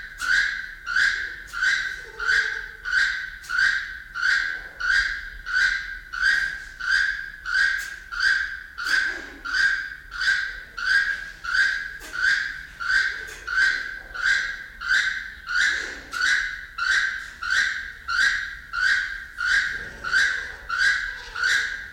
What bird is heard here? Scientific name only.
Ramphastos sulfuratus